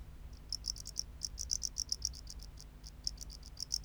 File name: Bio Acoustica. Gryllodes sigillatus